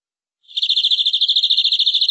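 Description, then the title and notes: Canary with a short, fast trill of high, evenly repeated pulses, starting softly and then holding a steady pitch. "BM Suara Kenari. BM Suara Burung Kenari"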